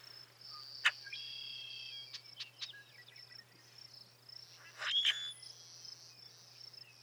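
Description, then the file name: Common Grackle calls: a sharp chack, then thin level whistles and scratchy notes, and a louder harsh call about four seconds later, with insect trilling behind. Bronzed subspecies (versicolor). "Common Grackle - Quiscalus quiscula versicolor"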